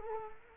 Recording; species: mosquito wingbeat signal from an infrared sensor; Culex quinquefasciatus